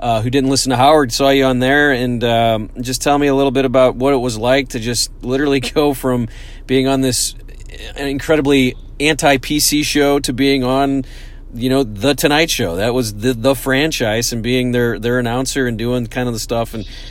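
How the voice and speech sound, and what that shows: A man asks an interview question in fluent conversational speech, with ordinary fillers and a brief laugh.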